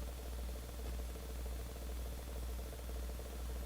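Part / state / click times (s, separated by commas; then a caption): trap trigger dog latching against the pan on a foothold trap / not seated / none. A steel foothold trap is handled while being set by hand, with a hand resting underneath the trap, as the trigger dog is worked toward latching against the pan. Only a steady low hum and broadband hiss are heard, with no distinct sudden sounds. Nothing has latched or clicked into the set position yet.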